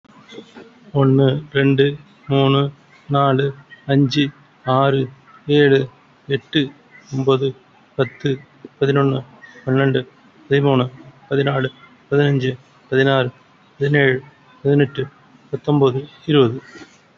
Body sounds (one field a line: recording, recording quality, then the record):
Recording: counting at a normal pace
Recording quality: excellent, no background noise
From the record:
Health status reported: COVID-19 positive, mild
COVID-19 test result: positive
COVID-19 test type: RT-PCR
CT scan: taken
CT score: 3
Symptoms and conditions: cough, cold, fever, loss of smell and taste, hypertension, diabetes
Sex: male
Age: 52 years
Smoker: no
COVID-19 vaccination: both doses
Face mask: not worn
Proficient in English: yes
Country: India